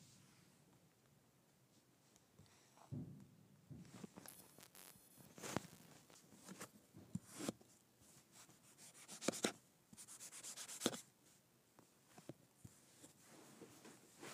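Kinetic sand is cut and pressed, giving soft grainy scrapes and crumbly rustles that come in uneven bursts from about three seconds on. Sharper crisp slices stand out near nine and eleven seconds, with quiet pauses between the strokes.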